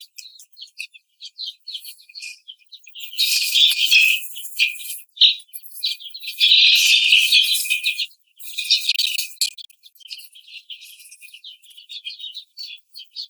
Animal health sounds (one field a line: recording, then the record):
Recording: young laying hens in a cage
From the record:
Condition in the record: treatment cage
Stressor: simulated dog barking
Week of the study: 5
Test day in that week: 1